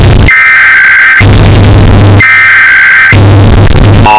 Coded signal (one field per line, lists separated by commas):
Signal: Emergency Alert System (SAME) tones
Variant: header bursts